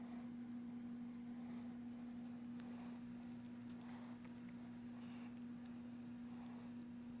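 A small screw is driven back down into the body mount of a K-Line C&O Allegheny articulating steam locomotive's metal or plastic housing, and the screw is stripped in its hole. A steady low hum runs throughout, with faint brief ticks at about 2.6 s and 4.3 s. Nothing has seated or clicked yet.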